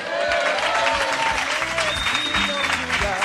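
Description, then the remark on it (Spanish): A crowd claps loudly and steadily for the full three seconds, a dense wash of hand claps with some voices calling out beneath it. “Y nada, lo que nos queda es aprender a tocar las palmas igual de bien que vosotros.”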